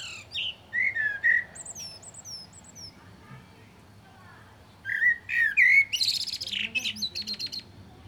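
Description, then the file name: Common blackbird giving two song phrases of slurred, flute-like low notes mixed with thin high whistles, the second ending in a busy squeaky twitter. "Turdus merula"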